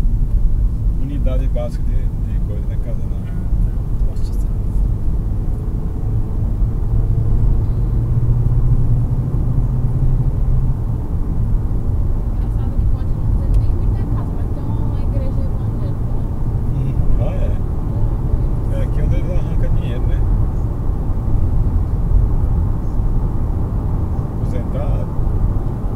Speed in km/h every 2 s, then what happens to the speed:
56, 63, 70, 77, 84, 89, 94, 98, 103, 106, 108, 110, 111.
0-26 speeds up to 111.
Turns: none.